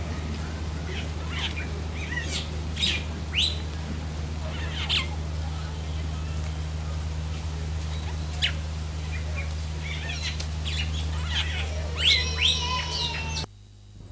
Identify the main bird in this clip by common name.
Bronze-tailed Starling